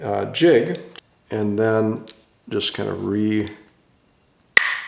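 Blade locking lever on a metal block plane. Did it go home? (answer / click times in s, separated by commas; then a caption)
yes / 4.6 s. Someone talks, then closes the blade locking lever on a metal Bridge City HP-9v2 block plane after putting the honed blade back in. A single sharp snap is heard at 4.6 s as the lever pops into place, seating the blade.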